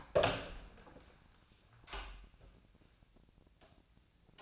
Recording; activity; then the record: daily activity, microphone in the room; open door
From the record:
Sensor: 2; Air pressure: 1009.2 hPa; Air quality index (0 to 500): 186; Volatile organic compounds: 3 ppm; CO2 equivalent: 1345 ppm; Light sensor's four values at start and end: 30/80/34/36 and 30/80/34/36